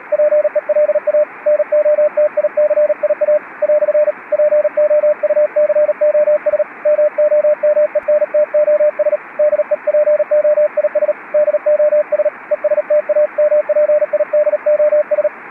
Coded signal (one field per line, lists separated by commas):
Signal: Morse code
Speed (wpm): 37 wpm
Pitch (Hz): 600 Hz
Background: radio noise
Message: PELA NOTICIA " POUCOS MOMENTOS DEPOIS DOS ESTAMPIDOS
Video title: Do telégrafo à era digital - internet. A trajetória profissional de Dary Bonomi Avanzi